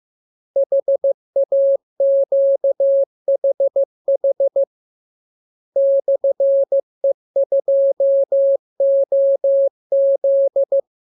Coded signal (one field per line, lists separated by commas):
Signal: Morse code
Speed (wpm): 15 wpm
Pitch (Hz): 550 Hz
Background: none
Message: HAQHH /E2OZ